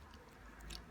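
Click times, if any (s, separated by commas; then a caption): 0.8 s. While the arms of a Transformers Robots in Disguise Warrior Class Quillfire action figure are folded in during transformation, its plastic hand pops out of the arm joint with a sharp snap at 0.8 s over faint handling noise. The hand is not broken and just clicks back into the joint.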